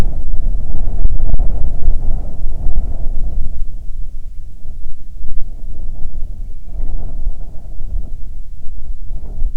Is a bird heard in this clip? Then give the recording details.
yes. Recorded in the Arctic National Wildlife Refuge, Alaska, on 9 July 2019 at 21:47. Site 48